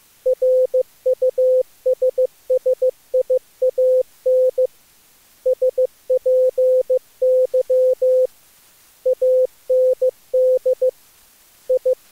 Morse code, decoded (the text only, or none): RUSSIAN SPY AND I